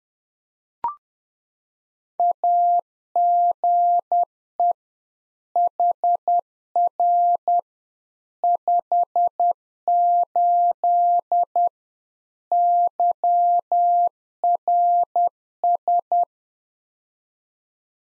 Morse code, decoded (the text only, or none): AGE HR 58 YRS